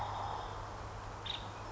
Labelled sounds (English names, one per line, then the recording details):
Nuttall's Woodpecker
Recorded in Sonoma County, California